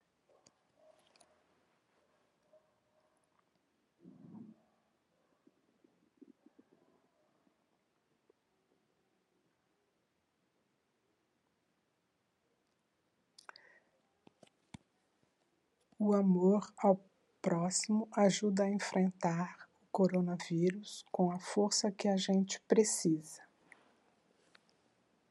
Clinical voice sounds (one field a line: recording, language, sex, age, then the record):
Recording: spoken sentence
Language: Brazilian Portuguese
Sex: female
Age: 60 to 69 years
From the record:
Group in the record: control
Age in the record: 64 years